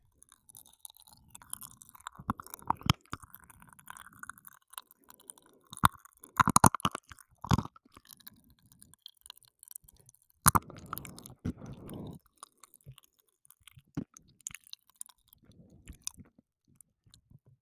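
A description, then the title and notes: Chewing on candy and gum, with wet smacking and irregular sharp crackles and pops, the loudest bursts near six and eleven seconds. Food, Gum, Water, Candy, and Pop Rocks.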